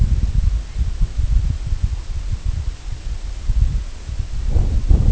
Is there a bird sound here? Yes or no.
no